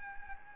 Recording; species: mosquito wingbeat signal from an infrared sensor; Anopheles arabiensis